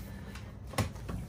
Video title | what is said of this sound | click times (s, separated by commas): How We Outfitted Our Catamaran For Offshore Sailing & Comfort- Leopard 45 Walkthrough w/Cost [Ep.13] | The one thing to always remember, these are attached with little snaps. Take these off so you can see. | 0.8 s